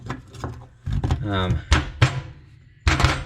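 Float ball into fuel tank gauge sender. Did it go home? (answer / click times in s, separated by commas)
no / none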